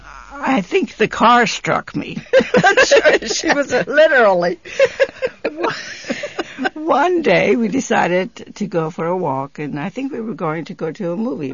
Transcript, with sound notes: I think the cars struck me. ( they laugh ) Literally. One day we decided to go for a walk, and I think we were going to go to a movie.